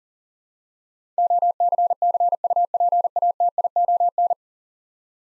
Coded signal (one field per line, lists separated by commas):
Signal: Morse code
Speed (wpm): 40 wpm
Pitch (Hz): 700 Hz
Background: none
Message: OCCUPATION